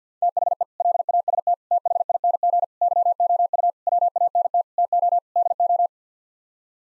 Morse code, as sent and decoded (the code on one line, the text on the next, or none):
- .... . / .-.. .- ... - / - .... .. -. --. / -.-- --- ..- / .-- .- -. - / - --- / -.. ---
THE LAST THING YOU WANT TO DO